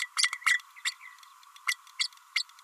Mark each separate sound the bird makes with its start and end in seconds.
0.16-0.29, 0.46-0.60, 0.85-0.92, 1.67-1.75, 1.99-2.07, 2.36-2.42